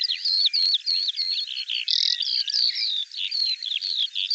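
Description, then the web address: Bird singing a rapid, varied stream of sharp whistled notes, buzzy bursts and chattered trills, high-pitched, with a few brief breaks. Dated 2025; audio cleaned and normalized. "cianscape birddata Deverinetal 2025 File cleaned normalized Bird Al Ar"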